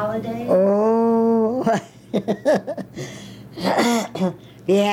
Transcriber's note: she laughs